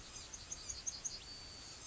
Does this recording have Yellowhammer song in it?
yes